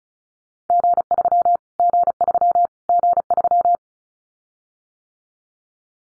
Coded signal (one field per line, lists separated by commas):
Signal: Morse code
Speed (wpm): 34 wpm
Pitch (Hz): 700 Hz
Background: none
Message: G3 G3 G3